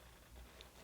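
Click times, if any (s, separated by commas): 0.6 s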